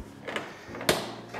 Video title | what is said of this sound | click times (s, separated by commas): Innova Heating - Installing Decor Plates | but it's the same process you got to make sure you're applying a little bit of downward pressure and you can hear it snapping in | 0.4 s, 0.8 s, 0.9 s